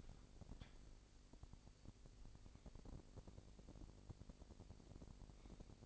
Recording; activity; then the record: daily activity, microphone in the room; make coffee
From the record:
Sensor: 5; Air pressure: 1007.4 hPa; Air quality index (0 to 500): 127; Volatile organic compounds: 1 ppm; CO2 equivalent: 964 ppm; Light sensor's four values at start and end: 27/64/26/27 and 27/63/26/26